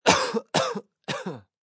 Sick sound effects human element male cough clear throat.